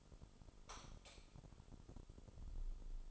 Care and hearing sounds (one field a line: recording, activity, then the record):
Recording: daily activity, microphone in the room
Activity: light off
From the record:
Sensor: 5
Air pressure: 988.5 hPa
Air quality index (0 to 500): 215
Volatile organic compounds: 112 ppm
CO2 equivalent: 3829 ppm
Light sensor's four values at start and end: 45/137/53/57 and 44/132/51/55